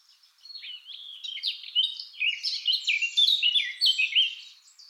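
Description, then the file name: Eurasian blackcap warbling: a quiet start builds into a loud, rapid jumble of chattering and whistled notes that rise and fall, fading out at the close. "Sylvia atricapilla"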